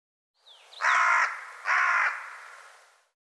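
Bird giving two harsh, hoarse caws in quick succession, each about half a second long, with a short faint note before them.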